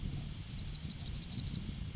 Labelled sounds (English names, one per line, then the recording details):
Yellowhammer song
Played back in forest
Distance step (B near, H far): B
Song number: 030